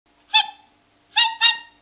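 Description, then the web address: Dog barking: a single sharp bark, then after a short pause two quick barks in succession, against a quiet background. "sachika sample sound dog"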